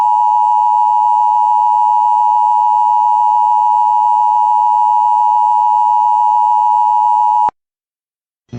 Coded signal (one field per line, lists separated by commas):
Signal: Emergency Alert System (SAME) tones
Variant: 853 and 960 Hz attention tone